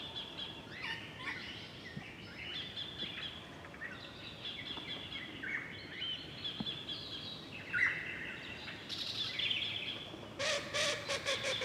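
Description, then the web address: Birds singing varied high chirps and twitters over constant water noise, ending with a few loud noisy bursts. Birds heard beside a turning water wheel; water sports and nature setting. "KMP Film Video Sound Effects. Draaiend Waterrad Vogels (watersport-natuur)"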